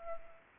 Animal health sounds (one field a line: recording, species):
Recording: mosquito wingbeat signal from an infrared sensor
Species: Anopheles arabiensis